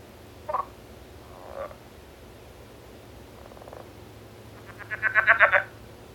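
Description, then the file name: Southern leopard frog giving a few brief clucking notes, then a louder, longer rapid chuckling rattle near the end, with a low background hum. "Rana sphenocephala"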